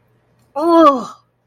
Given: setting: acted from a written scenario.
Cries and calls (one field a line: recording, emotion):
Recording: vocal sound without words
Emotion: disgust